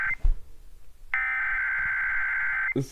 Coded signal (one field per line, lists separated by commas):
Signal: Emergency Alert System (SAME) tones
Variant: header bursts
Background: speech